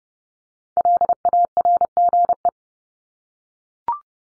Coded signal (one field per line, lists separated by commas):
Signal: Morse code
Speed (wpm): 30 wpm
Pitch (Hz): 700 Hz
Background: none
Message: LARGE